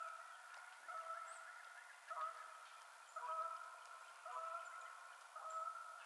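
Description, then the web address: Canada goose honks, nasal calls repeated roughly every second in short bursts against steady background noise. Recorded 21 March 2007. "Canada Goose 2007 03 21"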